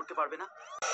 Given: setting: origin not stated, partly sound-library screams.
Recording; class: one-second piece from a danger detection set; woman in danger